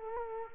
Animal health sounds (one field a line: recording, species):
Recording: mosquito wingbeat signal from an infrared sensor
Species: Culex quinquefasciatus